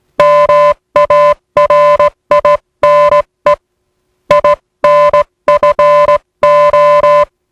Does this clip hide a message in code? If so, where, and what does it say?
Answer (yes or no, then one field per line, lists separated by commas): yes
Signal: Morse code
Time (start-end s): 0.2-7.2 s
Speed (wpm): 18 wpm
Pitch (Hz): 590 Hz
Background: none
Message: MARINE INFO